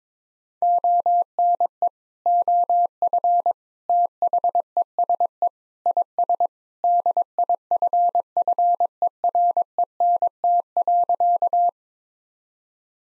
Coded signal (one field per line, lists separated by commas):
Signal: Morse code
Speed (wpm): 22 wpm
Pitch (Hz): 700 Hz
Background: none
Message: ONE OF THESE IS DIFFERENT.